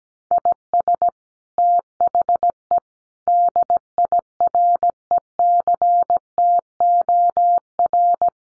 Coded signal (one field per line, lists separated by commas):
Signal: Morse code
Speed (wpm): 17 wpm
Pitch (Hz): 700 Hz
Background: none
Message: IS THE DIRECTOR